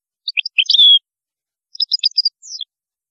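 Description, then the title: European goldfinch song: a brief burst of bright twittering notes ending in a slurred whistle, then a second short run of chirps. "Chant Chardonneret"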